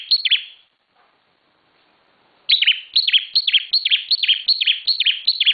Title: Ciblek Semi Super Gacor